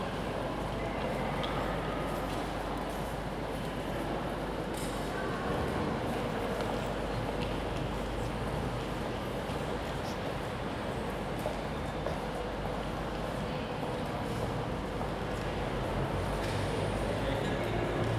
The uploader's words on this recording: Central Station is my favourite musical instrument.